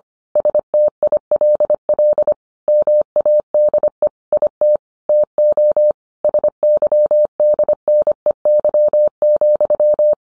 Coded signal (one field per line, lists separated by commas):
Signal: Morse code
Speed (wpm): 25 wpm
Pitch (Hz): 600 Hz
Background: none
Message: STILL MADE IT TO SYDNEY,